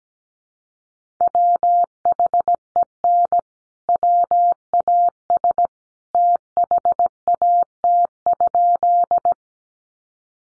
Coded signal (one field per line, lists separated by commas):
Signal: Morse code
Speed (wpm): 17 wpm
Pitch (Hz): 700 Hz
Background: none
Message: WHEN WAS THAT?